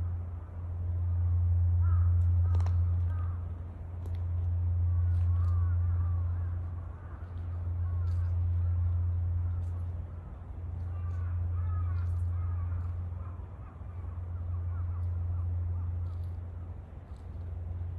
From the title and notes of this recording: Morning Begins at Zojo-ji Temple. Zojo-ji Temple, the head temple of the Jodo sect of Buddhism, located beside Tokyo Tower. Urban Soundscape Tokyo.